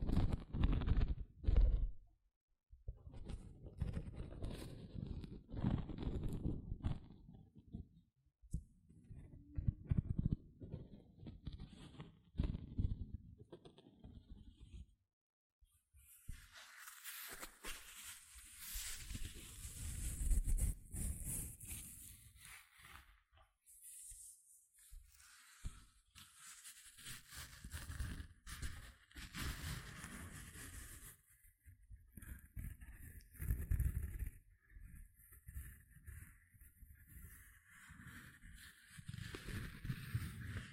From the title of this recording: Gentle Scratching Sounds